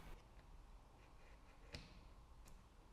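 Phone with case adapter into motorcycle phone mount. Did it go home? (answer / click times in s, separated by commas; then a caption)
yes / 1.8 s. A phone in a case with a clamp adapter is set into a motorcycle phone mount on the handlebar/mirror mount of a BMW R1300GS and turned until it locks in place. A sharp, short click at 1.8 s marks it seating, followed by a fainter tick at 2.5 s over low background noise.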